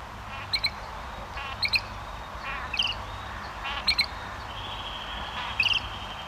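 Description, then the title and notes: Great Grey Shrike calls: short harsh notes with bright tonal overtones, given in pairs about once a second, over a steady low background hiss. "Viikon luontoääni: Isolepinkäinen. Tuomas Seimola"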